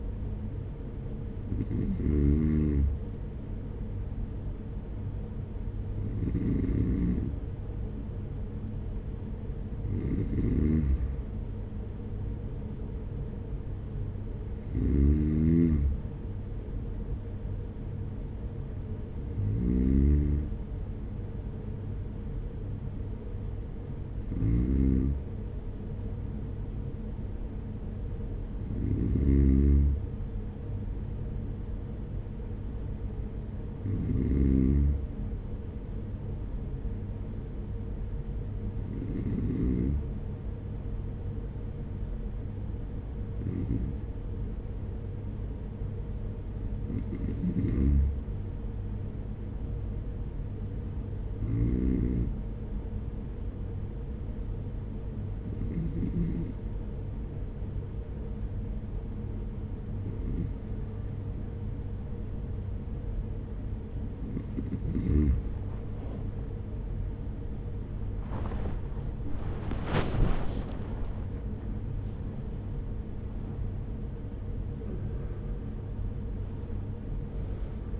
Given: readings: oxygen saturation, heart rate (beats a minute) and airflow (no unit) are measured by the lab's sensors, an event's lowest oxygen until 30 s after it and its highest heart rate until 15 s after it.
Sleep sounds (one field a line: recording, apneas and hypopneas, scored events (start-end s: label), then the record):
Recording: breathing in sleep by a smartphone at the bedside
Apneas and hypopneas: 1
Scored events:
53.00-70.30 s: hypopnea (N2, oxygen 94% highest, then 93% lowest, heart rate 48 at the start, 81 highest)
67.00-78.00 s: new sleep stage, N1 (lightest sleep)
From the record:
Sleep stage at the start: N2 (light sleep)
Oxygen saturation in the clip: 93 to 95%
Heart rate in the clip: 44 to 70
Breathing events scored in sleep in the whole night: 210 in 6.9 hours asleep